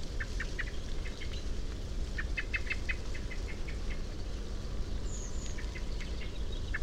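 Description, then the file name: Common blackbird chinking in rapid clicking series, plus a brief high thin note, over low steady rumble. "Turdus merula"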